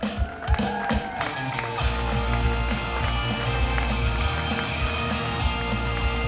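A crowd at a May Day rally in Amsterdam applauds a group of mainly men from the heavy-work campaign, a dense, steady wash of clapping that holds at an even, loud level for several seconds, with scattered voices and cheers mixed in.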